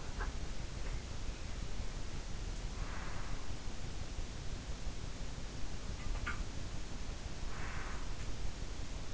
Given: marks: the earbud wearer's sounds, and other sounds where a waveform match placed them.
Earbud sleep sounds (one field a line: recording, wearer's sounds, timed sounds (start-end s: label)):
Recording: sounds in sleep by an in-ear microphone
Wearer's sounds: breath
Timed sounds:
0.08-0.44 s: sound from someone else or the room
2.72-3.40 s: breath
5.92-6.60 s: sound from someone else or the room
7.54-8.31 s: breath